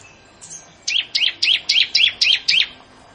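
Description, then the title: Bar-winged prinia sings seven evenly spaced, high chirps that drop and rise in pitch, preceded by a soft note. "Ciblek Sawah"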